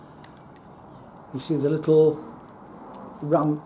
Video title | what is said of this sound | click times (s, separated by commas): 16 century wheel lock dismantled 7 of 9 | So when you rotate that round, clicks in like that. That's the click you hear. | 0.2 s